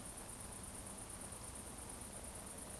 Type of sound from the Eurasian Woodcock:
whistle